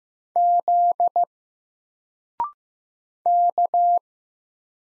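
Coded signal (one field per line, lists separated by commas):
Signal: Morse code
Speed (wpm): 15 wpm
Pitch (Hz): 700 Hz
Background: none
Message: Z K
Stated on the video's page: Single letters sent at 15 wpm for instant character recognition practice, each letter sent in Morse, then spoken, then sent again.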